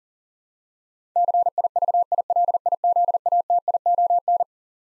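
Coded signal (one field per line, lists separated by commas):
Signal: Morse code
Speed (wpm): 40 wpm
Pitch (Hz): 700 Hz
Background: none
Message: CIVILIZATION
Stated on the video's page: Head-copy drill of twelve-letter words sent at 40wpm, each word sent twice.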